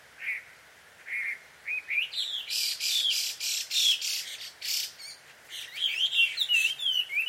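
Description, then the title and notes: Bird calls, harsh squawky notes and quick rising chirps around the upper-middle pitch, coming in rapid uneven bursts with short gaps between them. Bird pair quarrelling at dusk in Takao, Japan. "鳥の夫婦喧嘩 – Birds Quarrel At Dusk. Recorded in Takao Japan"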